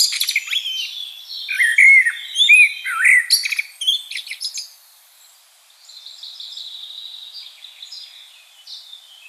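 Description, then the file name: Common blackbird song: mellow whistled warbling with rising and falling notes, broken by high squeaky flourishes, then a softer hissy high twitter trailing off. "Turdus merula"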